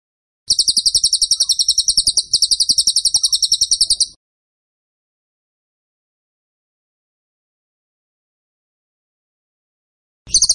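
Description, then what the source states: Bird song: a fast, high-pitched pulsed trill lasting about three and a half seconds, then a long silence before the trill starts again briefly at the end. Masteran (training) song of a bird in tembakan style, described as gacor.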